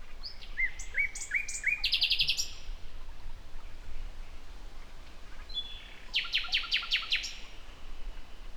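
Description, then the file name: Common nightingale song: a run of repeated slurred whistles, then a fast rattling trill, a pause, and another burst of loud rhythmic clicking notes. "Luscinia megarhynchos"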